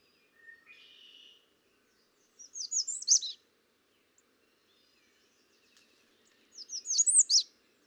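American redstart song: two high, quick phrases of slurred notes ending in an emphatic note, preceded by a faint lower buzzy sound, with low background hum.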